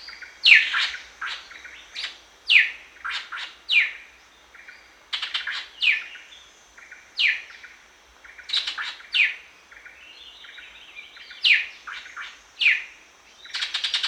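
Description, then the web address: Greater racket-tailed drongo calls: sharp descending whistles and dry rattled bursts, repeated many times, with a steady high background hiss. Recorded at Danum on 1 January 2008. "DANUM 20080101. greater racket-tailed drongo"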